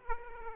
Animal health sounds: mosquito wingbeat signal from an infrared sensor; Aedes aegypti

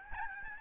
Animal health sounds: mosquito wingbeat signal from an infrared sensor; Aedes albopictus

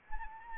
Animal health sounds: mosquito wingbeat signal from an infrared sensor; Anopheles arabiensis

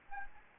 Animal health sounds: mosquito wingbeat signal from an infrared sensor; Anopheles gambiae

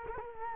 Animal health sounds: mosquito wingbeat signal from an infrared sensor; Culex quinquefasciatus

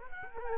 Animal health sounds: mosquito wingbeat signal from an infrared sensor; Culex quinquefasciatus

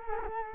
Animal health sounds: mosquito wingbeat signal from an infrared sensor; Culex quinquefasciatus

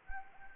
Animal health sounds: mosquito wingbeat signal from an infrared sensor; Anopheles arabiensis

